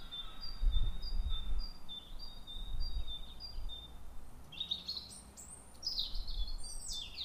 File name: Erithacus rubecula